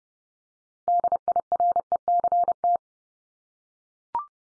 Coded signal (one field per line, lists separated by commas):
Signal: Morse code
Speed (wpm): 30 wpm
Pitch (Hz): 700 Hz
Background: none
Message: DIRECT